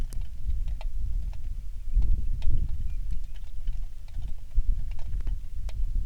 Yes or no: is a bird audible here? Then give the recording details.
yes. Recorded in the Prudhoe Bay oil fields, Alaska, on 27 July 2019 at 18:15. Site 19